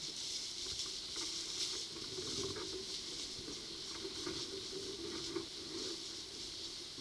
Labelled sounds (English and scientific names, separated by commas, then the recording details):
none
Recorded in pastures near Puerto Asís, Putumayo, Colombia, on 21 February 2024 at 11:30
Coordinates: 0.497, -76.327
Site G7276